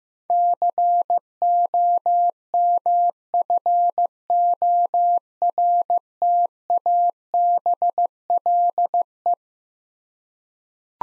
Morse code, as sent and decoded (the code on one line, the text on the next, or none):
-.-. --- -- ..-. --- .-. - .- -... .-.. .
COMFORTABLE